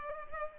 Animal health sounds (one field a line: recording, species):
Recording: mosquito wingbeat signal from an infrared sensor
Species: Culex pipiens